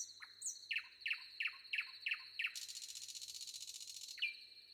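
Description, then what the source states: Common nightingale song: six evenly repeated sharp chooking notes, then a dry rattling buzz and a sustained whistle, with a constant high cricket trill behind. Recorded with wind and crickets.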